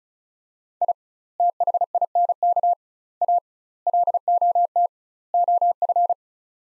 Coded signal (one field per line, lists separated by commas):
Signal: Morse code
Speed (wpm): 36 wpm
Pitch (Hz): 700 Hz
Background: none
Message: I THINK A LOT OF